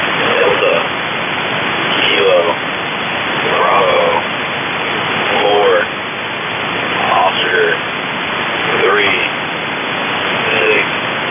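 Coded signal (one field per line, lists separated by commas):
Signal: coded military voice message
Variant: US Air Force EAM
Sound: faint single voice reading short spaced words through heavy hissing static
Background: radio static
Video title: 8992 Khz USB US Air Force Global Emergency Action Message. Copiado en Marcos Paz. Buenos Aires.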